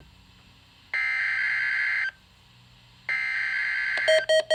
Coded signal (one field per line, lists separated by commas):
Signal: Emergency Alert System (SAME) tones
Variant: header bursts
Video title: Required Weekly Test 3/7/18 (EAS #2) KWO37